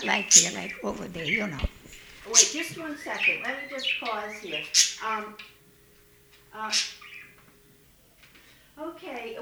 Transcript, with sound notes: Not like here, like over there, you know. ( bird noises are completely out of control )
Just one second. Let me just pause here. ( break in tape) Okay.